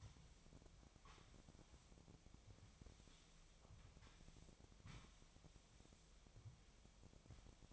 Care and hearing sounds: daily activity, microphone in the room; sweep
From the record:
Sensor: 1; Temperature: 25.6 degrees Celsius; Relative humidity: 38.0%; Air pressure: 1007.0 hPa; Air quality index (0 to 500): 205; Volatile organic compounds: 23 ppm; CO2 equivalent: 2771 ppm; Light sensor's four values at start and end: 12/32/13/14 and 12/32/13/14

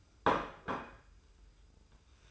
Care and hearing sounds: daily activity, microphone in the room; place plate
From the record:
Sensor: 2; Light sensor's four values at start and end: 28/66/27/27 and 28/66/27/27

